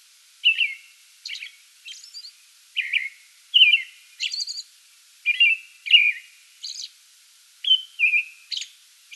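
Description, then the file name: American robin song of spaced whistled phrases with short falling notes and thin high squeals, irregular pauses between phrase groups. Song bout recorded 8 May 2022. "2022-05-08 American Robin song bout"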